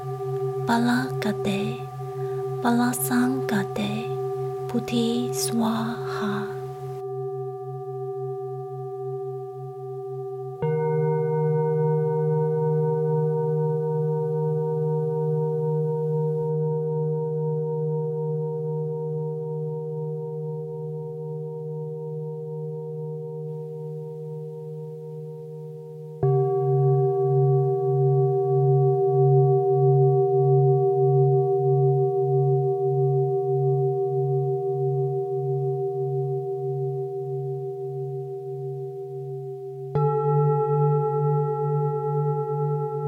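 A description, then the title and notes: Singing bowls hum with a low, pulsing drone and a few bright overtones that hang and slowly fade. A man's voice speaks over the ringing for the first seven seconds, then new strikes land near 11, 26 and 40 seconds, each swelling the sustained tone again. 108次般若波羅蜜多咒丨心經丨頌缽丨冥想丨祈禱丨Singing Bowls丨The Heart Sutra.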